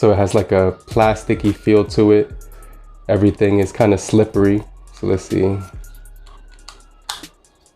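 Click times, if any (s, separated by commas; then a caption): 7.1 s. Someone talks, then a plastic Haylou MoriPods T33 wireless earbud is placed into its slot in the charging case. It seats with a sharp tick at 7.1 s.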